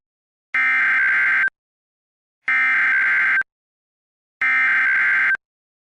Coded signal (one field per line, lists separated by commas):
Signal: Emergency Alert System (SAME) tones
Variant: header bursts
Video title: EAS Scenario - CaseOh's Rampage (Part 1) (Remastered) (Season 1, Episode 1)